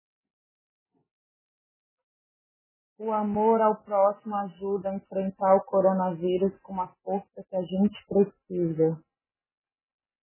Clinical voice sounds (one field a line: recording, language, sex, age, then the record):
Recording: spoken sentence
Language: Brazilian Portuguese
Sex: female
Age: 40 to 49 years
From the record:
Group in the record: control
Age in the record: 43 years